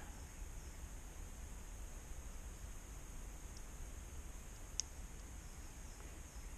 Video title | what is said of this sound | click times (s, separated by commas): Yamaha Virago Cafe Racer Build - Episode 30 - R6 Tail Lamp | of course you'll hear it click | 4.8 s